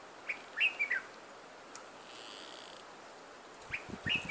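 Bird calling in brief high twittering phrases of a few chirps each, with a faint buzzy hum between them.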